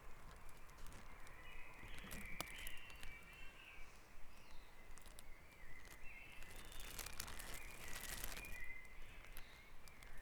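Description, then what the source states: Birds in a dawn chorus, several warbled and whistled phrases overlapping, with bursts of crackling noise and a steady low rumble beneath. Dawn chorus on Back Dragon Avenue, Harrogate, part of the Sound Map of Harrogate.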